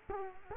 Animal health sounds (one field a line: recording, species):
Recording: mosquito wingbeat signal from an infrared sensor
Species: Culex quinquefasciatus